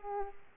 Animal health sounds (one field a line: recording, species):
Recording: mosquito wingbeat signal from an infrared sensor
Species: Aedes aegypti